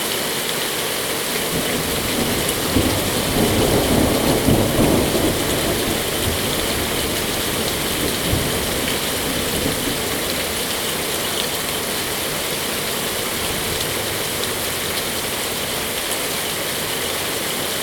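A thunderstorm in Salem, Oregon, heard as steady, dense rain hissing across all pitches without letup. Around three to six seconds a soft low rumble swells beneath the rain, then fades. A faint high tone runs through the whole stretch.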